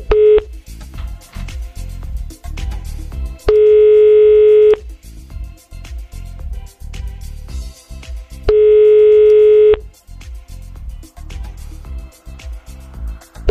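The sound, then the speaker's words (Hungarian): A telephone call to a listener rings over a line that never connects: three steady, mid-pitched buzzing tones, each about a second long with long gaps, sounding loudly over continuous busy background sound. “Hívjuk a naphallgatója gyorsan, aztán el.”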